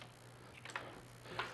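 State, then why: Not seated. A magnet-held part is handled and pushed up toward its place on a 3D printer's extruder assembly. Over a steady low hum, a few light taps and knocks sound around 0.6, 0.8 and 1.4 seconds. Nothing has seated or clicked into place yet.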